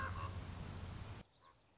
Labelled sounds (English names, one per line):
Common Raven